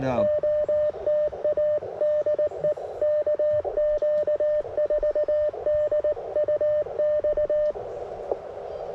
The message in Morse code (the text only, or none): OTA DE KQ4DUX